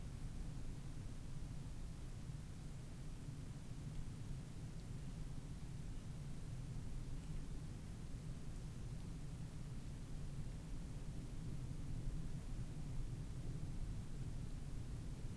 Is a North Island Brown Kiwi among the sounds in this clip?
no